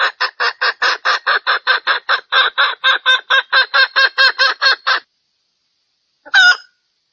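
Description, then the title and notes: Junglefowl call: a long fast series of harsh clucking notes, then silence and one short call. Female junglefowl call used as a lure to attract males; said to draw dozens of males within two minutes. "Panggilan Ayam Hutan Betina. Cukup dua menit dengan suara ayam hutan betina bikin point puluhan pejantan. Pemikat Ayam Hutan"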